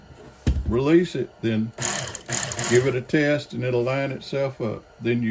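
A spring-loaded tension arm on a Work Sharp knife and tool sharpener is released after a new abrasive belt is fitted over the pulleys. It snaps back into place with a sharp click at 0.5 s, seating the belt. Someone talks throughout.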